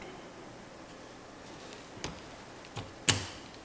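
A 65-tooth plastic spur gear is slid onto the shaft of a vintage Tamiya Ford Ranger XLT RC car gearbox and turned until its inner notches engage the shaft's cross pin. After a quiet stretch and a couple of faint taps around 2.1 s and 2.8 s, a sharp, loud click at 3.1 s marks the gear seating onto the drive pin, and it slides right on.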